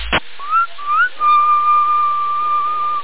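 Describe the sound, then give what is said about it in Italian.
After a sharp click, someone in Sassari whistles over a CB radio: a few short rising notes, then one long, steady, high-pitched tone. The sound is thin and tinny, with a faint hiss behind it. “Avanti, fischio, chi è?”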